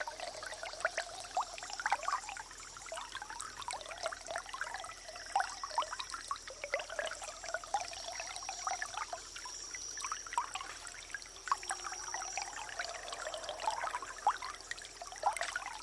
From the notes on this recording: the music of the Earth